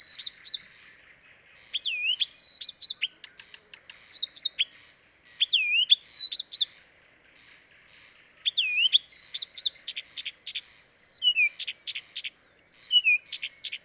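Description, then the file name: Blyth's reed warbler singing varied phrases of looping, wavering whistles and sharp clicks, with short pauses between. Recorded at Dviete. "dviete acrocephalus dumetorum"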